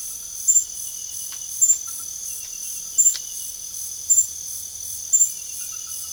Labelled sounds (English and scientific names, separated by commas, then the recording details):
none
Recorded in pastures near Puerto Asís, Putumayo, Colombia, on 4 March 2025 at 01:00
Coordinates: 0.497, -76.327
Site G072